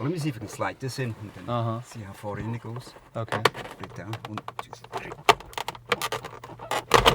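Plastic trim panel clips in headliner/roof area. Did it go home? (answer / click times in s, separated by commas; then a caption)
released / 5.6 s, 5.7 s, 5.9 s, 6.9 s. A plastic trim panel in the headliner/roof area of a 2022–2025 Toyota Highlander is pulled on a count of three while people talk. Its retaining clips pop out at once with sharp snaps at about 5.6, 5.7, 5.9 and 6.9 seconds. The whole panel is released in one pull, more easily than expected.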